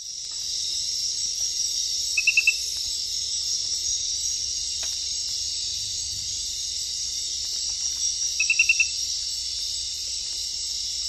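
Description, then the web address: Glass frog giving two short bursts of rapid high-pitched clicks, about six seconds apart, against a continuous background drone of insects. Unidentified centrolenid species from the Ecuadorian Amazon. "Natures Songs S America Frogs of Ecuadorian Amazon centrolenid sp 5"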